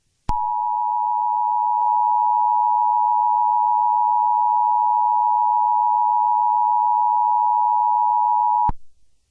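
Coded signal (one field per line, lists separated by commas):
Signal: Emergency Alert System (SAME) tones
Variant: 853 and 960 Hz attention tone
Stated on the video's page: Fictional EAS scenario, not a real alert.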